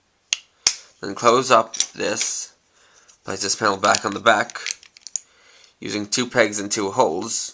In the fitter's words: down this one flip the head all the way around until it clicks into place like that then